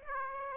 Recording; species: mosquito wingbeat signal from an infrared sensor; Aedes aegypti